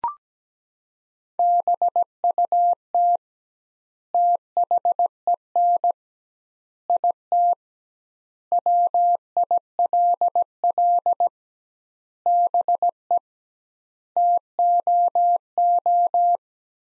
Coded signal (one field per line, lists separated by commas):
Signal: Morse code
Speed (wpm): 17 wpm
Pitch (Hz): 700 Hz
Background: none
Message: BUT THEN IT WILL BE TOO